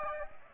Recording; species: mosquito wingbeat signal from an infrared sensor; Aedes aegypti